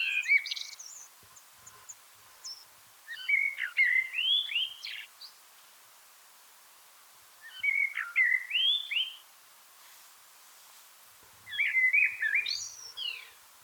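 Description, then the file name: Common blackbird song: four warbled phrases of fluting whistles ending in high rising twitters, repeated roughly every three to four seconds. "Turdus merula"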